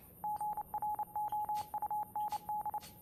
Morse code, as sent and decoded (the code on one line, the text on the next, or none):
--. .-. --- ..- -. -..
GROUND